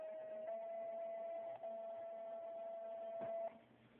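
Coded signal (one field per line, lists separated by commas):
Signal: two-tone page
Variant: Minitor activation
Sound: a single steady mid-pitched tone held about three seconds over low room noise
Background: room noise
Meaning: Weekly test activation of the fire station pagers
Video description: . Minitor Activation. Also Station Alert System in the background.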